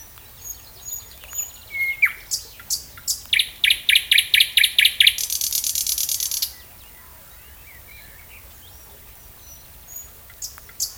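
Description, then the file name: Thrush nightingale song phrase of sharp notes building into a loud rhythmic rattle and a dry buzzy trill, followed by quiet pause with faint notes. Recorded at Hemmerder Wiesen on 18 May 2017. "Sprosser-Hemmerder-Wiesen-18 05 17"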